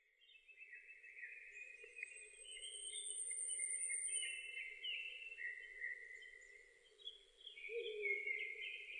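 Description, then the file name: Japanese thrush song: a run of varied whistled and warbled phrases, fairly high and running on almost without pause, with a thin high whistle and a steady low hum beneath. 7 May 2005. "050507 kurotugumi"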